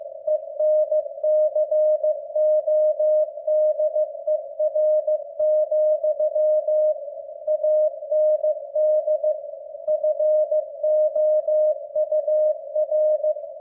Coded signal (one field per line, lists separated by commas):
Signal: Morse code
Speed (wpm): 15 wpm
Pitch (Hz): 610 Hz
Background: none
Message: ENCODER, AND FOUR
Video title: W1AW 15 WPM MORSE CODE PRACTICE - with captions